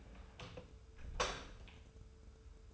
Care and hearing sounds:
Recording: daily activity, microphone in the room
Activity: close door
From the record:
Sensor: 2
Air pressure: 1015.1 hPa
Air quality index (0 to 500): 146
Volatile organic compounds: 6 ppm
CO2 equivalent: 1886 ppm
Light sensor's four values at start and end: 13/35/14/15 and 13/35/14/15

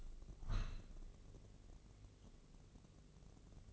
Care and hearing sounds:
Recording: daily activity, microphone in the room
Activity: open window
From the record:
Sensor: 4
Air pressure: 1013.1 hPa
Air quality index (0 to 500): 167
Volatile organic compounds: 2 ppm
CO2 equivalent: 1054 ppm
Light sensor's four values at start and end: 40/97/39/40 and 40/98/40/40

